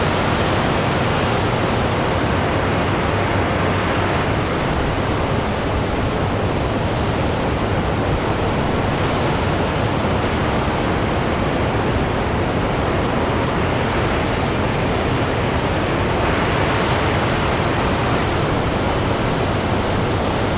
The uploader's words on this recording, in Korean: 절벽 위의 거친 대양 파도 | 대서양. 스코틀랜드 끝자락, 오크니의 험난한 절벽으로 여러분을 초대합니다. 여기서 대서양은 고대 해안선에 매혹적으로 충돌합니다. 파도가 바위 틈에 부딪히고 다시 바다로 돌아가는 모습.